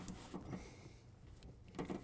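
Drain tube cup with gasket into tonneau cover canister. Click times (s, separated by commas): 0.1 s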